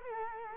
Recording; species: mosquito wingbeat signal from an infrared sensor; Culex quinquefasciatus